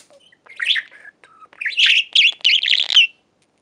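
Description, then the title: Budgerigar warble, a short run of buzzy, wavering chirps that grows louder and ends abruptly. "Budgie Sounds"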